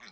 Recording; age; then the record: pig call; piglet (1 to 25 days)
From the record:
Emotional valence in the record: positive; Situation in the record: reunion after long isolation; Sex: female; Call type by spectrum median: high-frequency call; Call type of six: low-frequency tonal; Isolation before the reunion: 8 minutes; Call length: 0.12 s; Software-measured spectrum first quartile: 1591 Hz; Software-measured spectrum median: 2511 Hz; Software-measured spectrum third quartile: 4419 Hz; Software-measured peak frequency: 2188 Hz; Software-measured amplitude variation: 116 dB a second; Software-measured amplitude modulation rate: 12.0 a second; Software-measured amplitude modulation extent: 9.7 dB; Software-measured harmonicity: -0.3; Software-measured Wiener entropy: -1.23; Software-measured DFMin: 625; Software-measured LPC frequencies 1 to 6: 1818, 2188, 3494, 4140, 5197, 5865 Hz